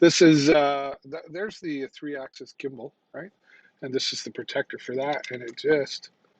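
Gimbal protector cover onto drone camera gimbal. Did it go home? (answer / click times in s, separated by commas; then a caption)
no / none. A man talks while handling a plastic gimbal protector cover for the three-axis camera gimbal of a DJI Mini 2 drone. The cover snaps into place and only goes on one way, but it has not seated or clicked yet in this clip.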